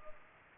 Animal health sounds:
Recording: mosquito wingbeat signal from an infrared sensor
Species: Culex pipiens

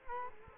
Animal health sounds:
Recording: mosquito wingbeat signal from an infrared sensor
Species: Culex quinquefasciatus

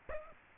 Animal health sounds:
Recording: mosquito wingbeat signal from an infrared sensor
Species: Aedes aegypti

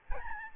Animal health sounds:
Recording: mosquito wingbeat signal from an infrared sensor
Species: Aedes albopictus

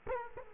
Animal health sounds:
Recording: mosquito wingbeat signal from an infrared sensor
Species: Culex quinquefasciatus

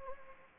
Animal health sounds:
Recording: mosquito wingbeat signal from an infrared sensor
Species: Anopheles gambiae

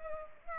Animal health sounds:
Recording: mosquito wingbeat signal from an infrared sensor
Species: Culex pipiens

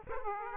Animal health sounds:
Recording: mosquito wingbeat signal from an infrared sensor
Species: Aedes aegypti

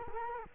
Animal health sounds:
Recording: mosquito wingbeat signal from an infrared sensor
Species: Culex quinquefasciatus

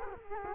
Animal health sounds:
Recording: mosquito wingbeat signal from an infrared sensor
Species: Culex quinquefasciatus

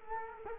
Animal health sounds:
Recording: mosquito wingbeat signal from an infrared sensor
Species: Culex quinquefasciatus

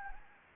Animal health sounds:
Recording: mosquito wingbeat signal from an infrared sensor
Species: Anopheles gambiae

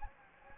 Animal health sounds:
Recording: mosquito wingbeat signal from an infrared sensor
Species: Anopheles gambiae

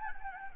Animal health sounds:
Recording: mosquito wingbeat signal from an infrared sensor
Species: Anopheles gambiae

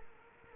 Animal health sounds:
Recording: mosquito wingbeat signal from an infrared sensor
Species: Culex quinquefasciatus

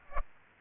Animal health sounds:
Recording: mosquito wingbeat signal from an infrared sensor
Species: Aedes aegypti

